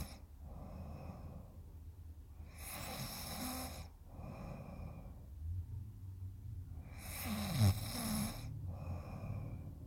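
Slow, regular breathing cycles in an adult, about two full breaths in ten seconds, each with a rattling, throaty inhale and a softer noisy exhale. It is typical snoring, the vibration of the relaxed upper airway during sleep.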